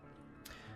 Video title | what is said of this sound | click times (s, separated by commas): Custom DZ60 Tex ADA Bamboo Mechanical Keyboard Build Guide | and then you'll hear it click into place and you'll know you've done it right on both | 0.5 s